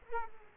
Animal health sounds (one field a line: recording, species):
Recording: mosquito wingbeat signal from an infrared sensor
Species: Aedes aegypti